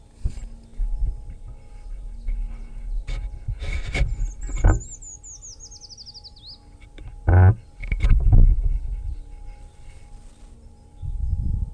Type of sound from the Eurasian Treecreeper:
song